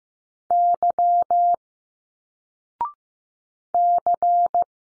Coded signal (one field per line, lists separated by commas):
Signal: Morse code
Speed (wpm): 15 wpm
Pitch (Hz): 700 Hz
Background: none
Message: Y C